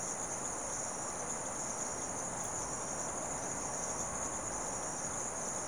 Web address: The BBC Sound Effects Library Rural South America Frogs And Insects, Late Evening